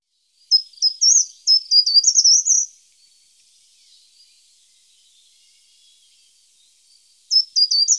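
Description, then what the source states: Short-toed treecreeper singing a high, thin phrase of separate sharp notes that run into a fast warbled ending, then a second phrase begins after a pause. Recorded in Germany, Austria and Switzerland.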